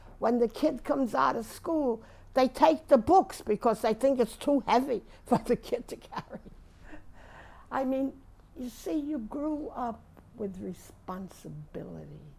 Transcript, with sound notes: When the kid comes out of school, they take the books because they think it's too heavy (she laughs) for the kid to carry. You see, you grew up with responsibility.